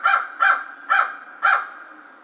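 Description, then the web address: American crow calling: four loud, hoarse caws spaced about half a second apart, each rough and slightly drawn out. Recorded on 2 March 2010. "Crow 2010 03 02 American Crow"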